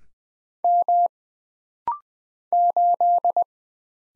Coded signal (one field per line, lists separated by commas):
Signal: Morse code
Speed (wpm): 20 wpm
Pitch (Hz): 700 Hz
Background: none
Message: M 8